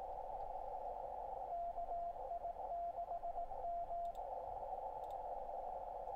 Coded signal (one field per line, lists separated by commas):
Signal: Morse code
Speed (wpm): 18 wpm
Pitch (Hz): 690 Hz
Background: radio noise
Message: KI6M